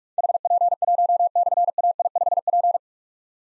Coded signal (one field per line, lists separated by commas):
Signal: Morse code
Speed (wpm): 44 wpm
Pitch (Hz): 700 Hz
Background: none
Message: HP1/AI5P